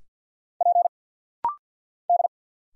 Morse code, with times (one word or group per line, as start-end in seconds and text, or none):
0.6-0.9 P
2.1-2.3 D